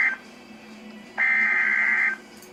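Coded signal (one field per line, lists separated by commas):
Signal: Emergency Alert System (SAME) tones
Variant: header bursts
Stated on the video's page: Severe thunderstorm EAS alert received on NOAA Weather Radio.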